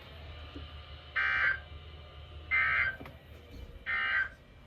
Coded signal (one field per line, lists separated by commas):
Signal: Emergency Alert System (SAME) tones